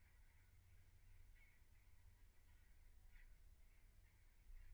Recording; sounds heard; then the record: poultry house recording; no chicken sound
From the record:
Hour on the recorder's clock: 15